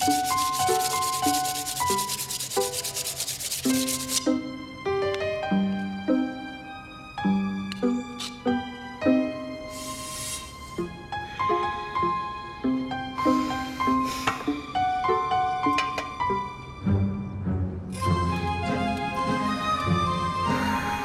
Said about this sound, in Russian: забивает гвозди в брусок, затачивает, сверлит, похоже на раму для фотографии.